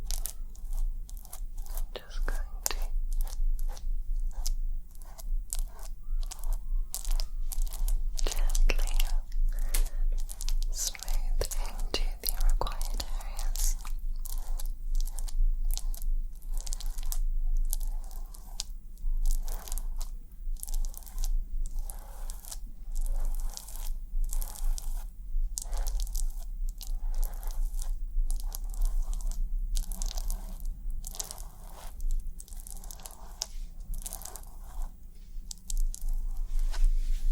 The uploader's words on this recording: ASMR Super RELAXING Head Massage + Scalp Scratching Roleplay (tingly af).